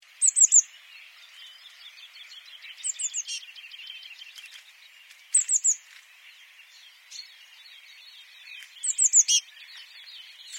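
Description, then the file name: Eurasian blue tit calls: short bursts of three or four thin, high, descending notes, repeated every two to four seconds over constant background twittering. "Cyanistes caeruleus"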